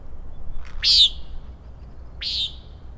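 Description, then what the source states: Common nighthawk peents: two harsh, buzzy nasal calls about one and a half seconds apart, over low steady background noise. Three birds peenting and rattling, flying very closely as if in formation or chasing in territory, Schoodic Head overlook, Acadia National Park, Winter Harbor, Maine, June 16, 2017, 3:56 am, 46 degrees, partly cloudy; Fostex FR2 with ME 62 omni mic.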